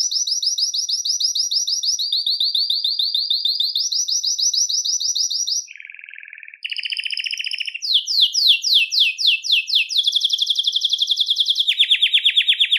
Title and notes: Canario Belga, nyonyastudio